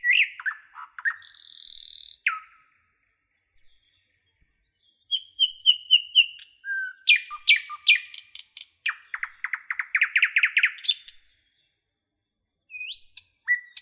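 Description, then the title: Nightingale song mixing a harsh buzzy burst, soft whistles, a series of repeated notes and a fast loud rattling trill, separated by quiet gaps. "A Beautiful Nightingale Song"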